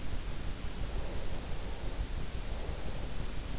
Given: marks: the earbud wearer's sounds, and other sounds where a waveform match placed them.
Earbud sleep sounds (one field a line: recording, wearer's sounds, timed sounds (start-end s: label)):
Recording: sounds in sleep by an in-ear microphone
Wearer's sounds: breath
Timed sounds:
0.38-3.53 s: breath